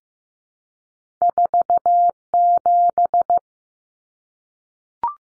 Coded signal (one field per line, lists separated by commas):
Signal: Morse code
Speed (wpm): 15 wpm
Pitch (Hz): 700 Hz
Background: none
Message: 47